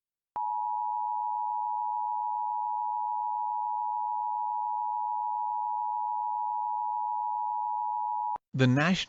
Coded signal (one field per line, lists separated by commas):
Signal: Emergency Alert System (SAME) tones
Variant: 853 and 960 Hz attention tone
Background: speech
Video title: Hot Spot Horror: An EAS Scenario